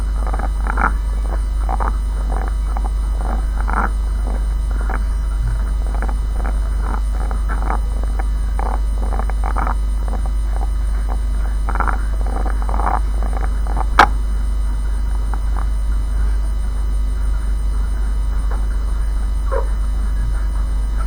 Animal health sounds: poultry house recording; sick chickens (respiratory disease)

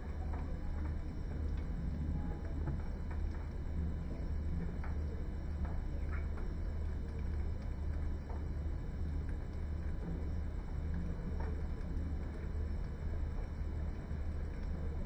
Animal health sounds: poultry house recording; healthy chickens

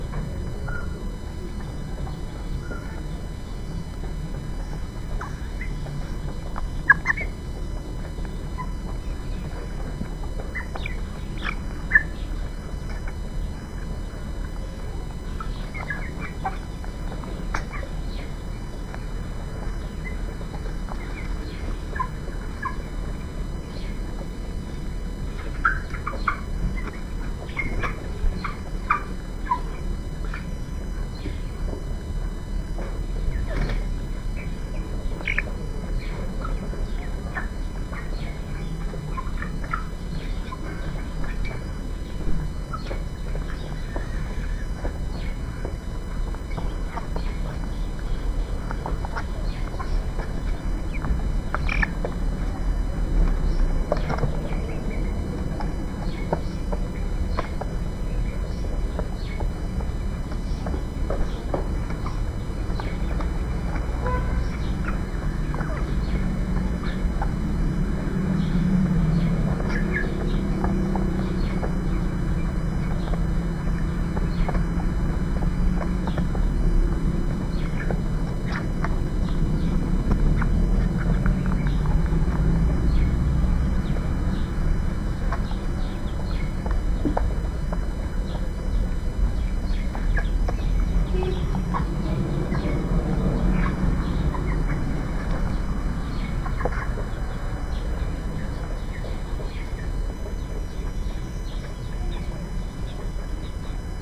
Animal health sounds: poultry house recording; background noise or bird activity such as feeding and pecking

